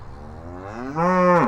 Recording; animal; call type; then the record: contact call of a hoofed animal; cattle; low-frequency (closed-mouth) or high-frequency (open-mouth) call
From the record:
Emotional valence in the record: negative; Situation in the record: full separation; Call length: 1.48 s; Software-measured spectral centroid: 1210 Hz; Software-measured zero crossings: 1120 a second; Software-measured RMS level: -21 dBFS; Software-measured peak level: -6 dBFS